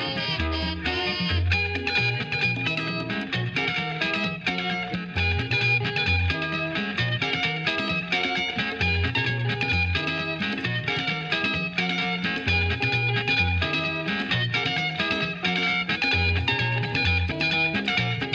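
Congolese rumba plays at an even, steady level for the whole stretch. A round bass line repeats in short looping figures underneath, while bright, busy guitar lines ripple above with a regular, dancing pulse that never drops out.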